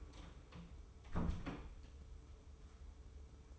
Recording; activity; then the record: daily activity, microphone in the room; close door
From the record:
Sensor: 1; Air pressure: 1015.2 hPa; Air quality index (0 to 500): 125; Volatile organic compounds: 5 ppm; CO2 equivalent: 1715 ppm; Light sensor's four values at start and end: 14/33/14/15 and 14/33/14/15